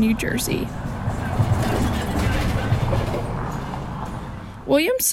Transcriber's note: city noises